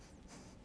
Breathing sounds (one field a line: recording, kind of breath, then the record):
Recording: one breath in and out by a microphone near the nose and mouth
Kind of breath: strong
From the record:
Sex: male